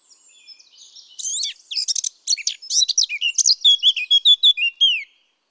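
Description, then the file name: Eurasian blackcap song opening with quiet subdued chatter, then rising into a rapid jumbled warble and finishing with rich, loud, downslurred whistles. "Sylvia atricapilla"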